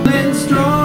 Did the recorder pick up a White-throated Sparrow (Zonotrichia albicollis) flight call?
no